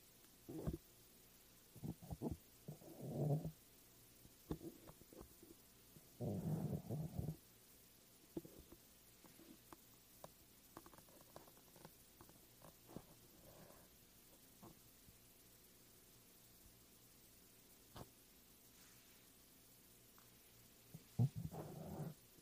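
Scratching and brushing against a foam mic cover, in irregular bursts of rough, muffled rubbing. The heaviest strokes come early, near 1, 3 and 6–7 seconds, then lighter scattered scrapes and taps follow before a final burst near 21 seconds. A low hum runs underneath throughout.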